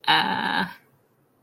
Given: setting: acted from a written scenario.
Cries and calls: vocal sound without words; amusement

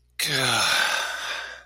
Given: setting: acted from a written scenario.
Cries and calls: vocal sound without words; disappointment

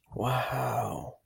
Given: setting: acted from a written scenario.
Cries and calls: vocal sound without words; awe

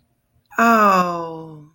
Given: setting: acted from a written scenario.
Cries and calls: vocal sound without words; adoration

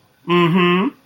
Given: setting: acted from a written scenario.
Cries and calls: vocal sound without words; pride

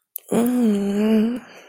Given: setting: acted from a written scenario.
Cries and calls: vocal sound without words; ecstasy

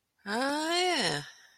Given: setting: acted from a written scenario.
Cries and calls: vocal sound without words; interest

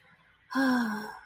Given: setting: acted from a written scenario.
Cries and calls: vocal sound without words; contentment

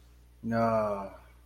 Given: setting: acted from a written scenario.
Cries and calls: vocal sound without words; guilt

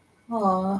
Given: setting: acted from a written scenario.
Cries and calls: vocal sound without words; sympathy

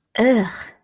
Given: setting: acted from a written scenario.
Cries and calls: vocal sound without words; disgust

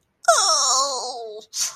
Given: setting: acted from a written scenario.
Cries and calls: vocal sound without words; negative surprise

